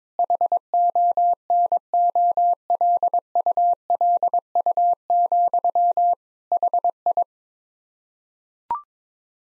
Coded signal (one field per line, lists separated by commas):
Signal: Morse code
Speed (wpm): 22 wpm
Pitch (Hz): 700 Hz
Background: none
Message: HONOLULU, HI